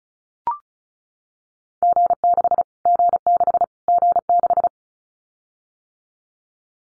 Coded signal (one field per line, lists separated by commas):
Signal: Morse code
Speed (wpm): 34 wpm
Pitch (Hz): 700 Hz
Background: none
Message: G6 G6 G6